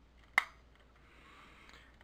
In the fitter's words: until it snaps into place.